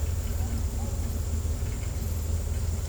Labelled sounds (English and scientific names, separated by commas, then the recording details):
none
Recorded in secondary vegetation near Puerto Asís, Putumayo, Colombia, on 20 December 2024 at 14:00
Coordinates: 0.468, -76.324
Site G095